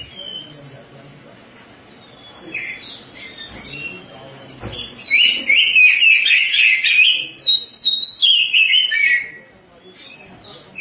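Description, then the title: Oriental magpie-robin song: quiet scattered notes at first, then a loud run of rich, varied warbling phrases for about four seconds before fading to softer chirps. "Suara Kicauan Burung Kacer"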